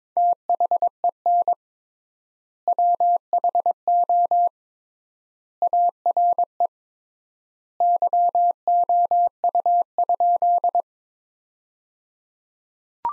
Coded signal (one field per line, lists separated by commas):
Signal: Morse code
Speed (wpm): 22 wpm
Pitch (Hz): 700 Hz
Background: none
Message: THEN WHO ARE YOU?